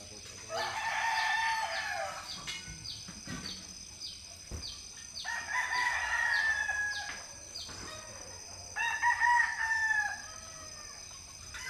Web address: Charlie Atanasyan - Philippines sound library by Faunethic Village quiet chicken hen symphony early the morning